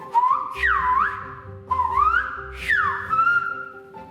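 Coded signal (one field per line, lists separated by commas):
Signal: whistled language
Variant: Silbo Gomero, whistled French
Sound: a loud human whistle gliding up and down in two short phrases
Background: low hum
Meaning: Hello, how are you?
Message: Bonjour, ¿cómo ça va?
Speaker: Can you guess what he's saying?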